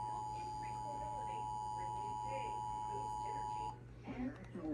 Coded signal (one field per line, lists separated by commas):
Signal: Emergency Alert System (SAME) tones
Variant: 853 and 960 Hz attention tone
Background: speech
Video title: SVR Madness (EAS Alerts from 6/22/22) (EAS #190-206) (Monsoon EAS #1-17)